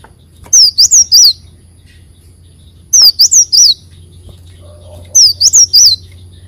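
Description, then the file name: Leafbird repeating a short phrase of three or four high slurred whistles about every two seconds. "Tieng chim xanh tim"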